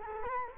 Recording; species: mosquito wingbeat signal from an infrared sensor; Culex quinquefasciatus